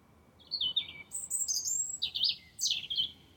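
Wren song: a brisk series of high, sliding and chattering notes over a steady faint hiss.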